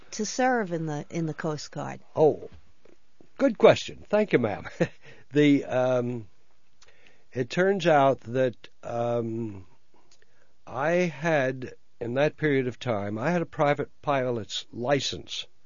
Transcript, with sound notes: to serve in the Coast Guard?
Oh, good question. Thank you, ma'am (he laughs) It turns out that, um, I had, in that period of time I had a private pilot's license,